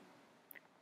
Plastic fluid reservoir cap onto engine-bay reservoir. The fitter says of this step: then replace the cap and press down until it pops into place